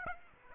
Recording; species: mosquito wingbeat signal from an infrared sensor; Aedes aegypti